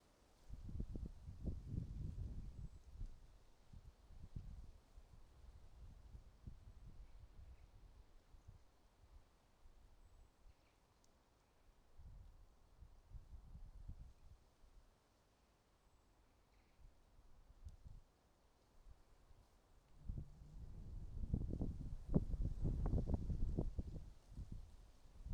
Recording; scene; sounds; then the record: everyday scene through a hearing-aid microphone; wind on the microphone; wind, traffic, birds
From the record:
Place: suburban garden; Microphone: in the ear canal, right